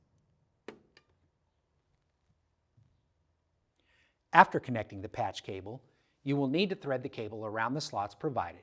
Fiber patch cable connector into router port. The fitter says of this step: Push the end into the port until it snaps into place.